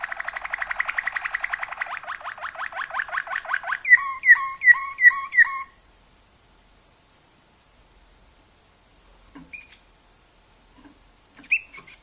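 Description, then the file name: Waterslager canary song: a fast rattling trill followed by several liquid two-pitched notes, then near silence with a few faint chirps. Song variations. "kenari waterslager variasi omkicau"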